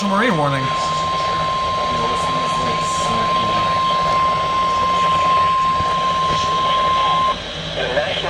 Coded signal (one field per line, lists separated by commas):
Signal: Emergency Alert System (SAME) tones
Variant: 1050 Hz attention tone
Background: speech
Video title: MARGINALLY TORNADIC.... | EAS Alerts from 6/5/24 | EAS#669-689